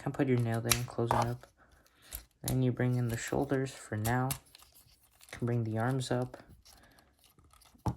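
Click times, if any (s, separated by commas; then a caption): 7.9 s. Someone talks while handling a transforming robot toy, bringing its arms up to connect them to the plastic body. After a few faint handling ticks, a sharp click at 7.9 s marks an arm seating into place on the body.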